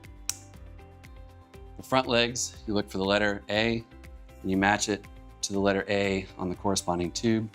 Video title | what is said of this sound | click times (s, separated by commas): MD by Drive Air-Go Walker with Seat - Lightweight Folding Walker | assemble like so, push down until it clicks. | 0.3 s